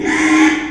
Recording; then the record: squeal of a Yucatan mini pig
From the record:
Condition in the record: after surgery on the right vocal fold (resection and tissue-engineered implant); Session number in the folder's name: 3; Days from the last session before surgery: 33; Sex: male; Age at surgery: 12 weeks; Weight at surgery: 13 kg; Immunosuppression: cyclosporine, prednisolone